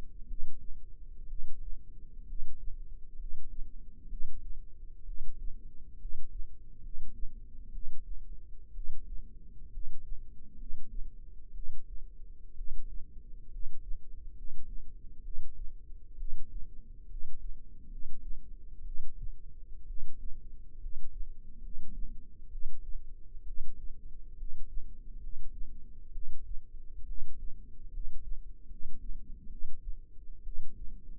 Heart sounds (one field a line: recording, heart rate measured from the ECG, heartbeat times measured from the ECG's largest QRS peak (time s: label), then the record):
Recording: heart sounds by microphone in the left ear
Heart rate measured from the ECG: 66 bpm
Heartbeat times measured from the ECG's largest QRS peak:
0.25 s: heartbeat
1.25 s: heartbeat
2.24 s: heartbeat
3.15 s: heartbeat
4.06 s: heartbeat
5.03 s: heartbeat
5.96 s: heartbeat
6.79 s: heartbeat
7.69 s: heartbeat
8.71 s: heartbeat
9.68 s: heartbeat
10.55 s: heartbeat
11.51 s: heartbeat
12.53 s: heartbeat
13.48 s: heartbeat
14.32 s: heartbeat
15.20 s: heartbeat
16.14 s: heartbeat
17.06 s: heartbeat
17.87 s: heartbeat
18.81 s: heartbeat
19.84 s: heartbeat
20.77 s: heartbeat
21.58 s: heartbeat
22.47 s: heartbeat
23.42 s: heartbeat
24.34 s: heartbeat
25.17 s: heartbeat
26.09 s: heartbeat
27.03 s: heartbeat
27.88 s: heartbeat
28.65 s: heartbeat
29.46 s: heartbeat
30.40 s: heartbeat
From the record:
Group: healthy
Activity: rest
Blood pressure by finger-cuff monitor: 105/57 mmHg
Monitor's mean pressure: 68 mmHg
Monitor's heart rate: 65 bpm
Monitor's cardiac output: 7.5 L/min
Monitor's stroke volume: 114 mL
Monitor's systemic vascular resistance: 630 dyn s/cm5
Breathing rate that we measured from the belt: 17 breaths a minute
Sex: male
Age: 22 years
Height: 185 cm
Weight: 112.4 kg